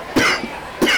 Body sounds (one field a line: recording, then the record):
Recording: coughing mixed with background sound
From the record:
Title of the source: Coughing 60